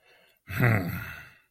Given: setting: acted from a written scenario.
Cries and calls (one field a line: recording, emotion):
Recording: vocal sound without words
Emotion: guilt